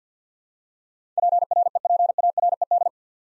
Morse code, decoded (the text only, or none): PREPARED